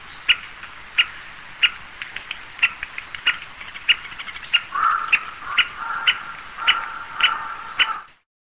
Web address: kitsutsuki real akagera